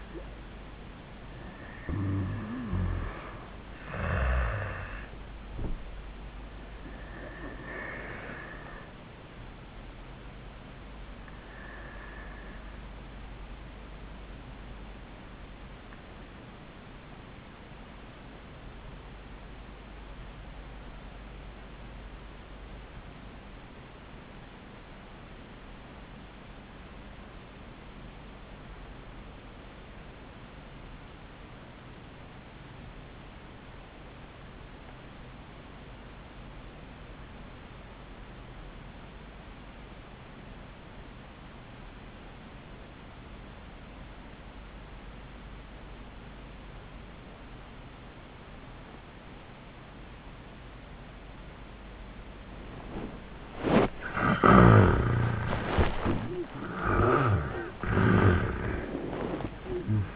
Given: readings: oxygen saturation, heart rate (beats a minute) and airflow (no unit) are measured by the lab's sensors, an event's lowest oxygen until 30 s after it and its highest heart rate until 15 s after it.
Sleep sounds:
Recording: breathing in sleep by a voice recorder at the bedside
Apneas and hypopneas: 1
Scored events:
12.00-42.00 s: new sleep stage, REM sleep
13.00-54.20 s: obstructive apnea (REM, oxygen 98% highest, then 73% lowest, heart rate 88 at the start, 100 highest)
42.00-60.16 s: new sleep stage, N1 (lightest sleep)
From the record:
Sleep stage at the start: N1 (lightest sleep)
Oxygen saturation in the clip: 78 to 98%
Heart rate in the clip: 65 to 99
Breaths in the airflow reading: 4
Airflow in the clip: -40.2 to 13.5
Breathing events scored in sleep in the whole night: 400 in 8.7 hours asleep

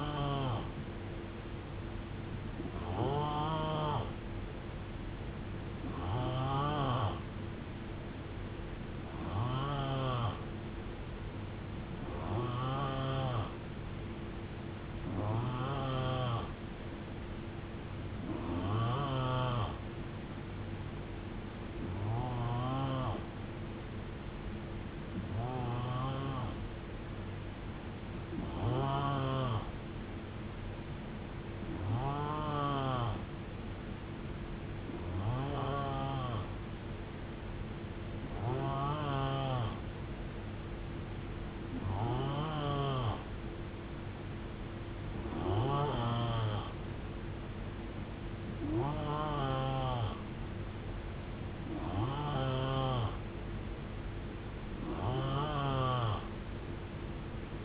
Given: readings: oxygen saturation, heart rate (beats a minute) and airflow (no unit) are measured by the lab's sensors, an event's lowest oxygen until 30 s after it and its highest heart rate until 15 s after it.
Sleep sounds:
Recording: breathing in sleep by a voice recorder at the bedside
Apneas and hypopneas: none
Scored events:
none scored
From the record:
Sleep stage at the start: N3 (deep sleep)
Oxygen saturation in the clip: 89 to 90%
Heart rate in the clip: 61 to 77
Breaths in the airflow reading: 18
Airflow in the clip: -7.0 to 4.0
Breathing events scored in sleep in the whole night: 389 in 6.3 hours asleep

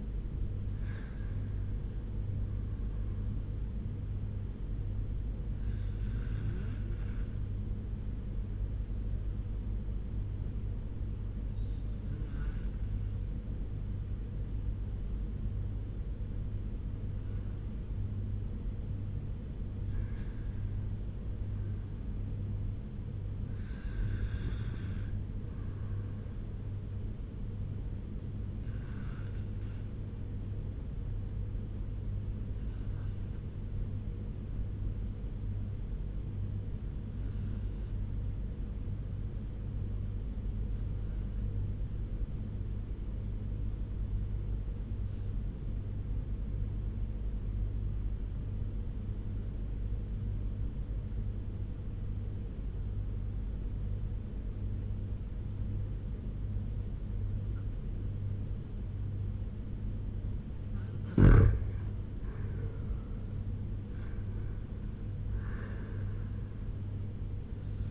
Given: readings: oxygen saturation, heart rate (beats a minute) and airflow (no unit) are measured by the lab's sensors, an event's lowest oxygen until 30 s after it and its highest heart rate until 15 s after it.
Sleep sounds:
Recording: breathing in sleep by a smartphone at the bedside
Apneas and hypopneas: 2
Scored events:
5.00-20.80 s: hypopnea (N1, oxygen 98% highest, then 94% lowest, heart rate 86 at the start, 91 highest)
37.00-61.50 s: obstructive apnea (N1, oxygen 96% highest, then 88% lowest, heart rate 83 at the start, 93 highest)
From the record:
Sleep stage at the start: N1 (lightest sleep)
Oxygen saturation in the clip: 90 to 98%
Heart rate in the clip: 78 to 93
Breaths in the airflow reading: 7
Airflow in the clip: -4.9 to 7.3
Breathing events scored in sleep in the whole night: 201 in 6.5 hours asleep

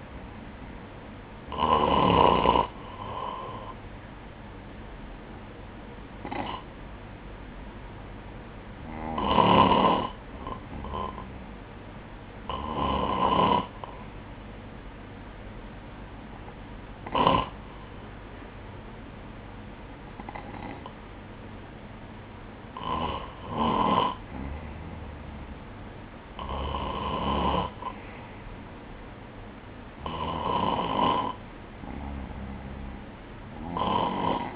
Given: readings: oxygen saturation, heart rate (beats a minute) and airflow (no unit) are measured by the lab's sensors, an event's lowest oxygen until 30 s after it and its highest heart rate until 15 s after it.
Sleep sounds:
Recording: breathing in sleep by a voice recorder at the bedside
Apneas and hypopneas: none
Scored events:
none scored
From the record:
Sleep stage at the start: REM sleep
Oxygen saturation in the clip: 91 to 95%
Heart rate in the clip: 62 to 73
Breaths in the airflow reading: 9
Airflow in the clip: -9.4 to 5.7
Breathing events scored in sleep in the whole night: 180 in 6.7 hours asleep

